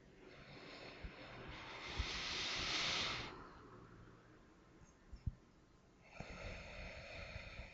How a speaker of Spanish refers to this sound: Esto lo vamos a repetir 3 veces con los ojos cerrados, con la intención de preparar nuestros cuerpos, nuestro cuerpo físico, nuestro cuerpo emocional y nuestro cuerpo mental a este trabajo. Vamos a hacer la primera respiración.